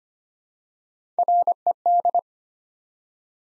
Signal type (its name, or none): Morse code